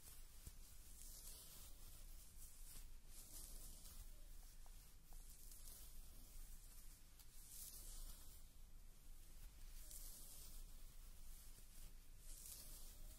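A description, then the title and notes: Soft layered scalp-treatment sounds: a steady hiss with bright spraying swells every couple of seconds over a faint low hum. ASMR Relaxing Scalp TreatmentMassage Spa Roleplay ~ layered sounds.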